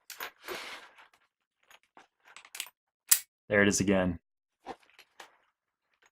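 The heavy metal buckle tongue on the hip pack strap of a Defy Bags Parker Pack in waxed canvas is pushed into its buckle receiver and latched a second time, with scattered light handling clicks before and after. A sharp, bright click at 3.1 s marks the buckle seating shut. Right after, someone talks.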